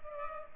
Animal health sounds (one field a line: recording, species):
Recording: mosquito wingbeat signal from an infrared sensor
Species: Culex pipiens